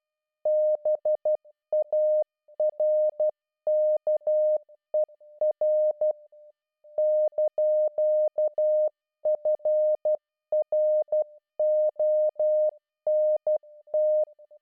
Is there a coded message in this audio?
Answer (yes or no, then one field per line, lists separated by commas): yes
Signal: Morse code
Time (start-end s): 0.5-14.2 s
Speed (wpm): 12 wpm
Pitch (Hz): 610 Hz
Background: none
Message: BARKER )FRONT